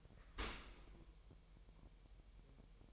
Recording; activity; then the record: daily activity, microphone in the room; open dishwasher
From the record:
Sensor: 1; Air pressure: 1000.6 hPa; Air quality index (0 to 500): 247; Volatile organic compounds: 143 ppm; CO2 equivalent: 3993 ppm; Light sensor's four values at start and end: 11/28/11/12 and 11/28/11/12